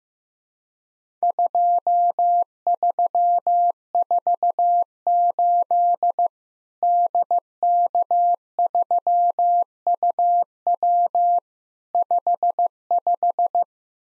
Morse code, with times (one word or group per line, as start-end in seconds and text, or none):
1.2-6.3 2348
6.8-11.4 DK3UW
11.9-13.6 55